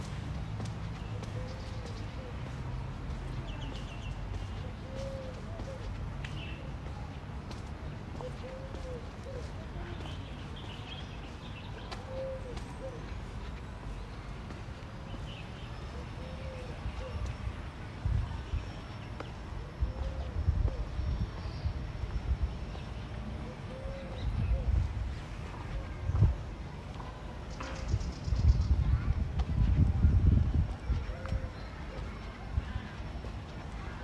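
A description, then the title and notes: A walk around Tel Aviv University in Ramat Aviv, with a steady low rumble and soft footfalls throughout. A short squeaky chirp repeats every couple of seconds, faint voices murmur, and heavier thuds and knocks grow louder after about 25 seconds. Tel Aviv City Sounds. Walking In Ramat Aviv, Israel. Walking Around The Tel Aviv University.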